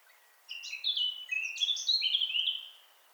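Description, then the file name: Eurasian blackcap singing one quick, tumbling phrase of clear whistled and warbled notes that rises and falls over about two seconds. "Sylvia atricapilla"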